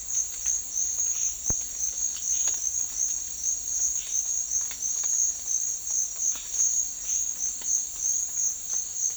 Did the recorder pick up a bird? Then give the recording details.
no. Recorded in secondary vegetation near Puerto Asís, Putumayo, Colombia, on 12 March 2025 at 10:00. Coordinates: 0.499, -76.323. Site G094